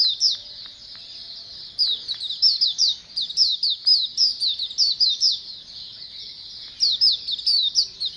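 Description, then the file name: White-eye: high, sharp chirps from several white-eyes, a quieter thin twittering at first, then a loud run of quick downslurred notes from about two seconds on. A colony of white-eyes calling together. "suara pleci koloni omkicau"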